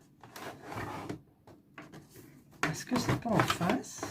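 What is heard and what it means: Someone tries to fit a plastic storage box onto another box below it, producing rubbing and knocking sounds, while someone talks. The box does not interlock, and nothing has seated or clicked yet.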